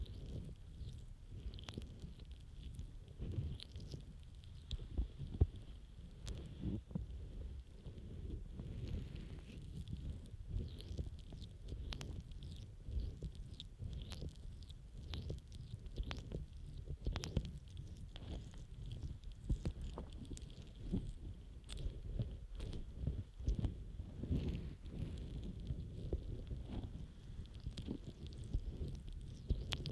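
Scrubbing, rubbing and stroking against an ear, a dense, continuous low rustle that rarely lets up. Brief sharper taps and scrapes flick through every second or so, a few louder around five and seventeen seconds, with a faint steady thin tone above.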